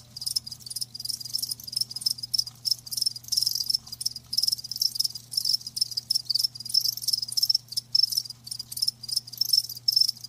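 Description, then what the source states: High-pitched cricket chorus of rapid pulsing chirps, nearly continuous with short breaks, over a low steady hum. Live crickets chirping, a lulling song.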